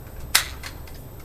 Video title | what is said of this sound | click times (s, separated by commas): WELL MB06 Airsoft Sniper Rifle Review | make it easier, press in until it clicks, then the magazine is in, very sturdy, won't shake out. | 0.4 s